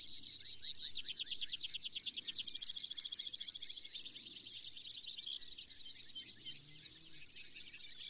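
Brewer's sparrow song, long high rattling trills changing pace, with a low rumble underneath.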